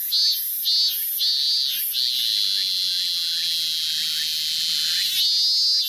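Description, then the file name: Robust cicada song: loud, high, shrill buzzing in pulsed bursts that merge into a long continuous drone, then pulsing again near the end. "minminzemi"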